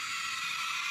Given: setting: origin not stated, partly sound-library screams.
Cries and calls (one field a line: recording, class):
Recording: one-second piece from a danger detection set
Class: woman in danger